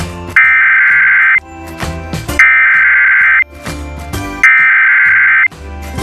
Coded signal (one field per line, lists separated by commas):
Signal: Emergency Alert System (SAME) tones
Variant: header bursts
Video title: EAS Alert Tornado Watch for Portage and Summit County in Ohio on WVIZ PBS Kids Channel (25-5)